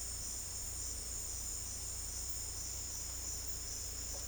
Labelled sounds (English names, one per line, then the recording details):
none
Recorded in dense forest near Puerto Asís, Putumayo, Colombia, on 23 June 2025 at 11:30
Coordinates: 0.481, -76.323
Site G072